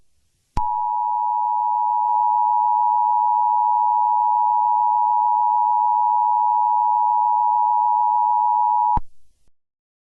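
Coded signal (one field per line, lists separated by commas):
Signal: Emergency Alert System (SAME) tones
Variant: 853 and 960 Hz attention tone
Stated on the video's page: Fictional EAS scenario.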